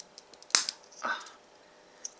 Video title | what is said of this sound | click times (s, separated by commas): Daban MG Sazabi Ver Ka, Part 1 (Head, Torso, Hands, Feet & Hips) | satisfying click okie | 0.5 s